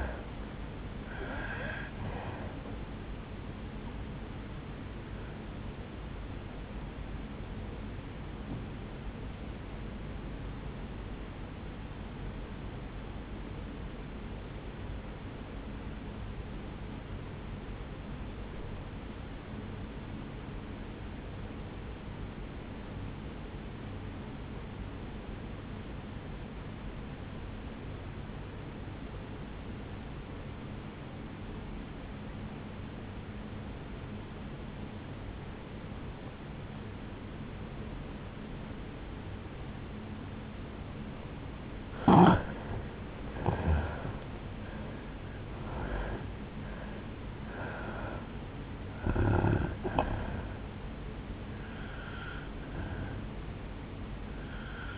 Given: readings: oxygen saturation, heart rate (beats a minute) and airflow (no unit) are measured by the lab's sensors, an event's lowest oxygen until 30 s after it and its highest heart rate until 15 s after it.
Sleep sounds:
breathing in sleep by a voice recorder at the bedside; 1
5.00-54.98 s: new sleep stage, N1 (lightest sleep)
12.00-42.90 s: obstructive apnea (N1, oxygen 97% highest, then 79% lowest, heart rate 53 at the start, 76 highest)
From the record:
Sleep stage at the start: N2 (light sleep); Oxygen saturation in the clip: 82 to 97%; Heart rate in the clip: 53 to 76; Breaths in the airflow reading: 6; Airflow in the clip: -11.3 to 7.2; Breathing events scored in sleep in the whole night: 449 in 7.0 hours asleep

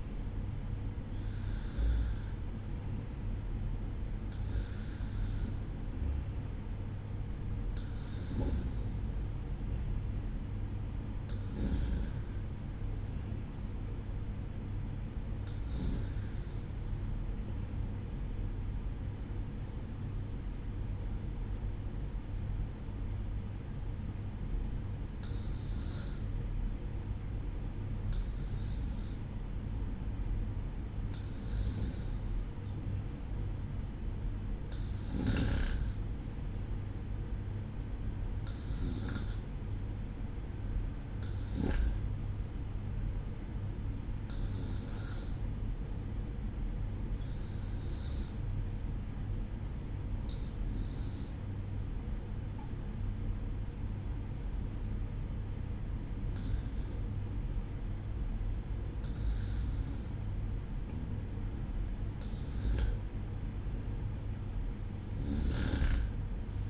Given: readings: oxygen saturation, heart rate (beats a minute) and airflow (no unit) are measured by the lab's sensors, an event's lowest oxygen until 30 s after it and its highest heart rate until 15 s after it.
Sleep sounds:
breathing in sleep by a smartphone at the bedside; 1
19.00-56.80 s: hypopnea (REM, oxygen 96% highest, then 93% lowest, heart rate 56 at the start, 60 highest)
From the record:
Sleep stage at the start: REM sleep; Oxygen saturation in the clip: 93 to 96%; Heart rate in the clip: 56 to 62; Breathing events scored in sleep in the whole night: 305 in 9.6 hours asleep

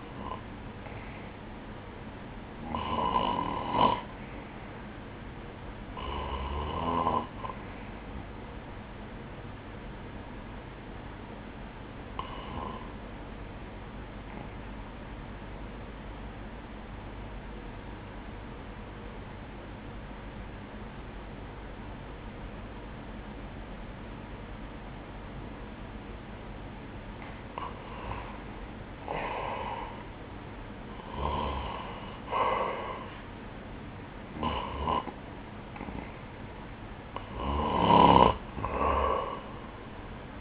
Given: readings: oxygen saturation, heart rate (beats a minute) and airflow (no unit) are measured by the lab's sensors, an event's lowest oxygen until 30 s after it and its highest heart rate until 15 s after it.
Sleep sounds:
breathing in sleep by a voice recorder at the bedside; 1
16.00-28.90 s: hypopnea (REM, oxygen 93% highest, then 91% lowest, heart rate 66 at the start, 75 highest)
From the record:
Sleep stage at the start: REM sleep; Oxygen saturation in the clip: 92 to 94%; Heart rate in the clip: 63 to 75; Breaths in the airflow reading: 9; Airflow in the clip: -11.5 to 6.1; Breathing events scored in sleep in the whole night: 180 in 6.7 hours asleep

